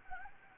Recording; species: mosquito wingbeat signal from an infrared sensor; Anopheles gambiae